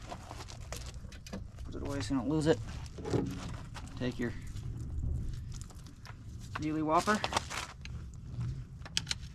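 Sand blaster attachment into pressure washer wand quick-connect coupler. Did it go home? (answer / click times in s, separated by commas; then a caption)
yes / 9.0 s, 9.1 s. A sand blaster attachment is pushed into the quick-connect coupler on a pressure washer wand, where the nozzle normally goes, while someone talks. Sharp metallic clicks at 9.0 and 9.1 seconds mark the attachment seating in place.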